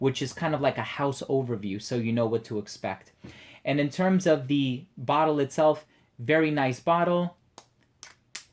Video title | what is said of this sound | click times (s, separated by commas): Poem of Damas by Alghabra Fragrance / Cologne Review | cap clicks into place you can pick it up from the cap | 8.4 s